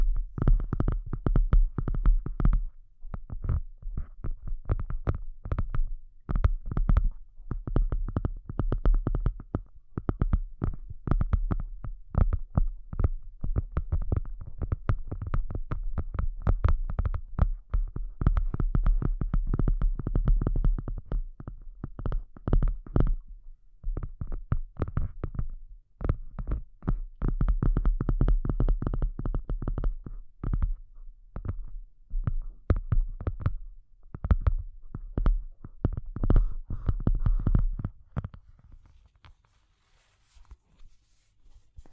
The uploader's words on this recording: ASMR Deep and Bassy Sounds to Help You Sleep (No Talking).